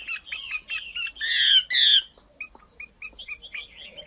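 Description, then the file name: Chinese hwamei giving a few rapid doubled notes, two loud harsh whistled slurs, then a soft string of short chips. Female bird singing. "Tieng chim hoa mi mai hot"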